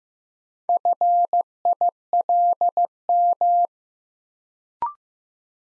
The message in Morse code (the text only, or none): FILM